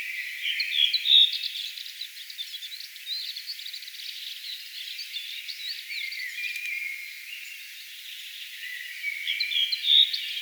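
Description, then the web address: Redwing song: brief clear whistled notes near the start and end bracket a long, continuous scratchy twittering of chirps and buzzy trills that runs almost without pause. Singing in a particular, distinctive manner; recorded 4 June 2025. "paivat 4 6 2025 tuolla tavoin laulava punakylkirastaslintu"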